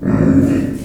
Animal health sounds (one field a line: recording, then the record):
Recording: squeal of a Yucatan mini pig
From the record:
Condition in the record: after surgery on the right vocal fold (resection and tissue-engineered implant)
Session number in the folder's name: 5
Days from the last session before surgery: 33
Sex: female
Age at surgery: 19 weeks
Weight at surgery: 25 kg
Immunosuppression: prednisolone